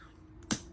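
While reassembling a WE Knives Vision R folding knife, the handle parts are pinched together and the lock is pulled back, and the internals (blade, lock, spacers) snap into the handle with a sharp click at 0.5 s, preceded by a faint tick at 0.4 s. Only part of the assembly is seated, not everything.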